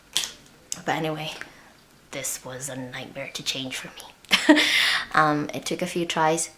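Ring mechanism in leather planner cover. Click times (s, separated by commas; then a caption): 0.2 s. A metal ring mechanism in a leather planner cover is pushed up firmly to release it from the planner's snap fitting, and a single sharp click is heard at 0.2 s as it clicks free. Someone then talks for the rest of the clip.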